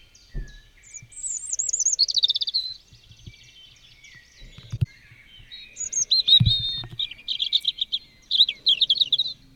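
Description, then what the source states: European robin singing in separate phrases of liquid warbles, thin high whistles and quick twittering trills, each phrase followed by a brief silence; occasional low knocks. In a neighbourhood.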